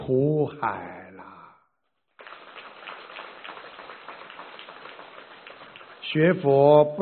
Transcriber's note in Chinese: 掌声